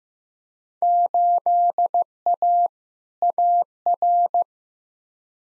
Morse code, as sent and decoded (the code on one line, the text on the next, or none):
---.. .- / .- .-.
8A AR